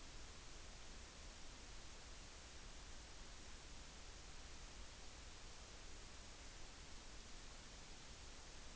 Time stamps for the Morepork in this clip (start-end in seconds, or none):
none